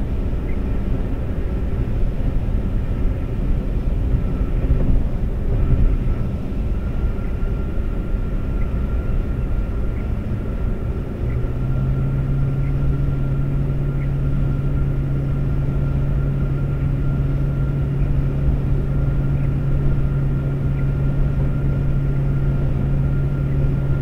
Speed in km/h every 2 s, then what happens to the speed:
122, 122, 122, 122, 122, 122, 122, 122, 122, 124, 124, 124.
0-24 steady at about 122.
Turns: none.